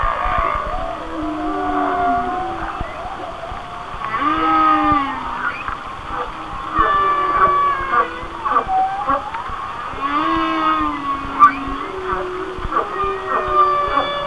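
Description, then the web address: Whale song of repeated low wavering moans alternating with buzzy, pulsed higher units and bright whistles, a phrase recurring every few seconds over constant background hiss. "Natures Songs Whale Songs Whale Songs"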